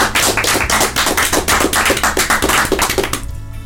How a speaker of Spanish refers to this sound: Un aplauso para él.